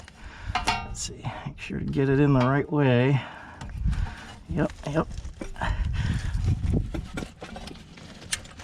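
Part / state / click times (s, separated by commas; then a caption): intake hose or fitting into engine air intake / seated / 8.3 s. A mechanic pushes an intake hose or fitting back onto the engine air intake of a 1997 Toyota Tacoma with a 2RZ-FE engine, being diagnosed and fixed for code P0171, so it seals tightly against air leaks. Someone talks over scattered handling clatter after a first try. The fitting snaps home with a sharp click at 8.3 s, seated.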